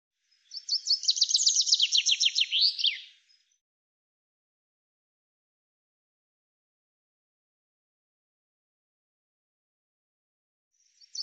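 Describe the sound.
Common chaffinch singing one full phrase of quick, falling repeated notes with an emphatic ending, then a long quiet gap before the next phrase just begins.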